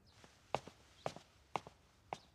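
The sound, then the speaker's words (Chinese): Four footsteps of a crown prince walking away in a steady, unhurried rhythm, each a crisp double tap of heel then toe, the last one a touch softer as the steps fade out, with no voices. “太子远去的脚步声渐不可闻”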